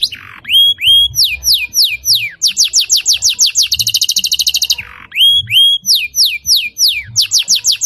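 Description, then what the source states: Lovebird chatter of sharp squeaky notes sliding downward, broken by a fast, buzzy high trill, then more down-slurred squeaks. Song style called konslet.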